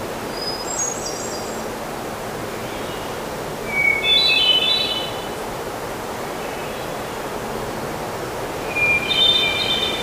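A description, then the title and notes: A summer forest on a small island, filled with a steady soft hiss of wind or leaves. Bird calls stand out above it: a brief high chirp near the start, a bright trilling phrase around four seconds, and another near the end. Midsummer forest on a small island.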